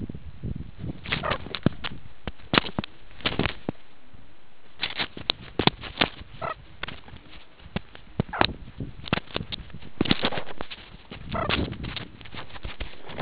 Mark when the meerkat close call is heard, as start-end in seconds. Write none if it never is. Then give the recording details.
1.22-1.38, 6.39-6.56, 8.30-8.47, 11.31-11.48. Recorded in the Kuruman River Reserve, South Africa. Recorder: an audio tag on a meerkat's collar